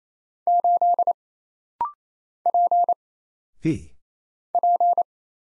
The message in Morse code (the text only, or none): 8 P P